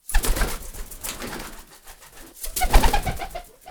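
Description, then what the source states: Pigeon wings flapping in noisy, whooshing bursts, two strong flurries near the start and near the end, with a few brief tonal notes in the second burst. Pigeons flying.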